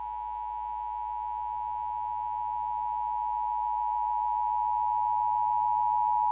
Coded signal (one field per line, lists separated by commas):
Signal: Emergency Alert System (SAME) tones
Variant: 853 and 960 Hz attention tone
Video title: (EAS #23) | Guam Required Monthly Test on KGUM | 03/10/2021